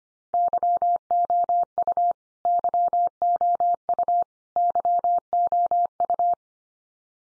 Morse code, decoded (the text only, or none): YOU YOU YOU